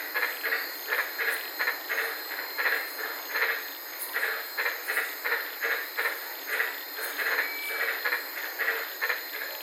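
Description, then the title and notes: White-lipped tree frog chorus: short, throaty notes repeating about eighty times a minute over a constant high hiss. Several frogs calling at night in the Daintree rainforest, Queensland, Australia, recorded from inside a car. "White Lipped Frog Podcast. I was sitting in my car in the Daintree rainforest in Queensland this night and fell asleep listening to these amazing White lipped frogs"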